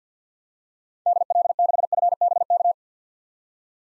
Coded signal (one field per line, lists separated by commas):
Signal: Morse code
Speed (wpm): 50 wpm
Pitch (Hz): 700 Hz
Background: none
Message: DL6FBK